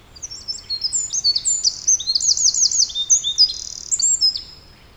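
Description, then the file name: Eurasian wren song, a rapid, high-pitched outpouring of sharp notes and trills lasting about four seconds, loud and unbroken against a quiet background. "Troglodytes troglodytes"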